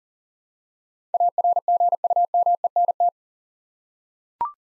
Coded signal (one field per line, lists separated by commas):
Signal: Morse code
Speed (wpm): 40 wpm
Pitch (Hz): 700 Hz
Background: none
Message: ARGUMENT